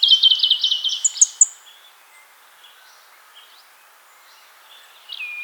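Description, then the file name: European robin giving a short burst of rapid, high tinkling notes, then near quiet with faint high notes and a soft closing phrase. "Erithacus rubecula"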